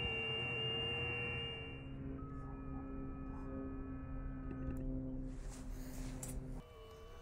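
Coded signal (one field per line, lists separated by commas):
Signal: FT8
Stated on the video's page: Received on an Icom IC-705 portable transceiver with an AL-705 magnetic loop antenna.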